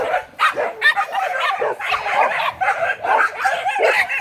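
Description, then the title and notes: Several dogs bark and yap together in a rapid, overlapping burst. Dogs at 13 Chemin des Filaos, Cilaos, Réunion, recorded 17 December 2018 around 18:05. "13 Chemin Des Filaos, Réunion - chiens. À Cilaos on s'entoure de chiens"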